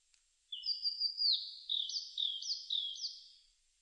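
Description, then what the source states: Eastern crowned warbler song, a high thin phrase of drawn-out sliding notes followed by three repeated upslurred elements, clear against a quiet background. Recorded 18 June 2006.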